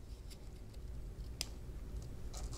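A plastic wiper arm adapter clip is unclipped from the coupler of a Trico Force High Performance beam wiper blade on a 2014 Kia Sorento. A small sharp click at 1.4 s marks the clip releasing, with a few faint ticks around it. The adapter clip comes free of the blade coupler.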